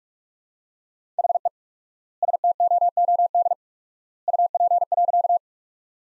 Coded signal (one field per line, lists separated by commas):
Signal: Morse code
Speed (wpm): 41 wpm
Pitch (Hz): 700 Hz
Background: none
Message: HE STOOD UP.